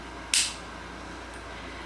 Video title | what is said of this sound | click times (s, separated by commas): How I Insert My Omnipod 5! - Diabetic Things & Stuff! | so you hear it clicking i don't know if you heard it or not | 0.3 s